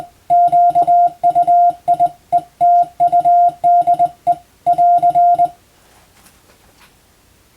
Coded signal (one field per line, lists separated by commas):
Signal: Morse code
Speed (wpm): 21 wpm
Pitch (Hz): 700 Hz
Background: none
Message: QUIETUDE <AR>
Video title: 【Radio operator morse practice】This is a Morse code practice video. There is a morse exam in japan.